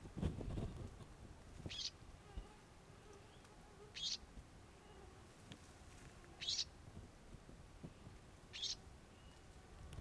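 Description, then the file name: Eurasian blackcap giving sharp, dry tack calls, four clicks spaced roughly two seconds apart over a low background rumble. "Sylvia atricapilla"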